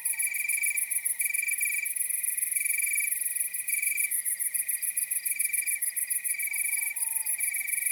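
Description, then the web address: Cricket song of short shrill pulsed phrases, some clipped into double bursts, with an unbroken high trill behind and a faint descending whistle late on. Nocturnal wasteland at night. "Nature Chill Out 2014. Toads, Nighthawks and Crickets"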